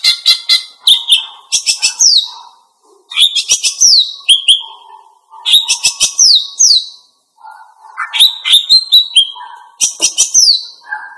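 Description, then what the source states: Greater green leafbird giving bursts of fast, chattering, high song every two to three seconds, separated by short pauses. Female.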